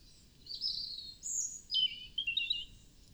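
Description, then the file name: European robin song of thin, high drawn-out whistles followed by a sharply falling slur and a few quick warbled notes, over faint low background hiss. "Erithacus rubecula"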